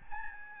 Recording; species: mosquito wingbeat signal from an infrared sensor; Aedes albopictus